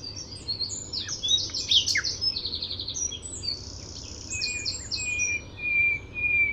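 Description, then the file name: Common nightingale song of dense, varied phrases: rapid repeated notes, sharp chips and a long thin whistle near the end over a constant low hum. "Luscinia megarhynchos"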